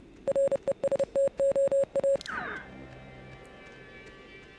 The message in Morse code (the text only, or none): RESTOA